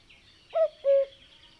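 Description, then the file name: Cuckoo giving one clear two-note cu-coo, the second note lower and longer, over a quiet background with a faint high bird note. "minutes of cuckoos"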